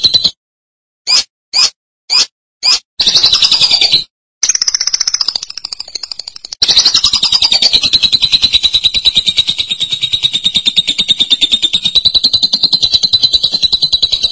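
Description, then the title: Lovebird song with four short clipped notes near the start, then bursts of shrill chatter that settle into a long, steady, rapid high-pitched twittering. "BM Suara Burung Lovebird"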